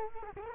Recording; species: mosquito wingbeat signal from an infrared sensor; Culex quinquefasciatus